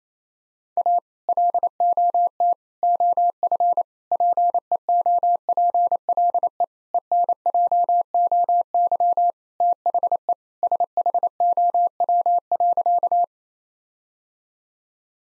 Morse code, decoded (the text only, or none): A LOT OF PEOPLE ENJOY THE SHOW.